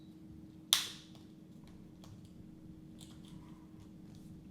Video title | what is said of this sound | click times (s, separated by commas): Volkswagen - How to Replace Key Fob Battery | and it snaps into place like this. Watch this. | 0.7 s